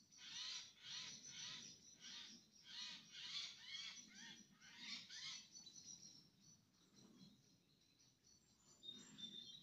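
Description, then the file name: Eurasian jay repeating coarse, nasal rasping notes about twice a second for several seconds, then fainter calls, with high bird twitters behind. "Garrulus glandarius"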